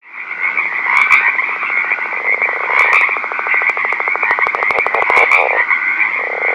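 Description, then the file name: Northern leopard frog giving long, fast rattling pulse trains, set against a constant shrill background drone. Recorded at night. "rpipiens night"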